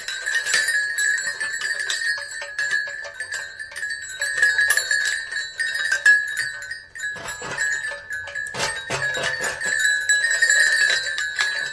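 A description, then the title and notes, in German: Wind chimes ring continuously, their metal tubes striking in a dense, overlapping cascade of bright tones. A strong ringing pitch sustains throughout while fresh strikes arrive every second or so, with busier clusters around seven and nine seconds. Little sits underneath besides faint low rumble. Tauche ein in die harmonischen Töne, die der Wind durch die feinen Schwingungen der Windspiele erzeugt. Zauberhaften Melodie der Metall- oder Holzröhren.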